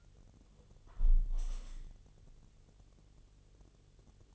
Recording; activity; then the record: daily activity, microphone in the room; close window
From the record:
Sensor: 4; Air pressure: 1015.8 hPa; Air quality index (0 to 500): 104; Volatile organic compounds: 2 ppm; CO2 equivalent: 1165 ppm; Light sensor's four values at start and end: 9/20/8/7 and 9/20/8/7